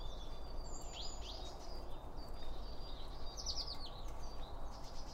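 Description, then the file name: Birds give scattered high chirps and a couple of fast, sweeping trills against a continuous low rumble. Birds around a bird feeder, recorded with two Line Audio OM 1 microphones. "Birds Around Birdfeeding With Two Om 1 From Line Audio"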